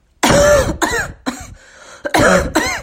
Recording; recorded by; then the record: voluntary cough; messaging app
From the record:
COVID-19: negative